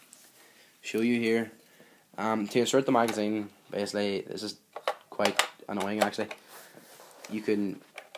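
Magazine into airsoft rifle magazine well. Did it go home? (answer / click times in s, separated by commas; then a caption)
no / none. Someone talks while handling a plastic/metal magazine at the magazine well of an AASG .308 AWP L96 airsoft sniper rifle, where it must click to be properly inserted. Only a few faint, short ticks are heard near 0.1 s and 8.0 s. Nothing has seated or clicked yet.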